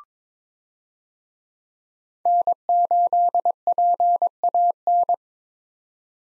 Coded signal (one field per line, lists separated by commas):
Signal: Morse code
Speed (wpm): 22 wpm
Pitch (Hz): 700 Hz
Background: none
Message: N8PAN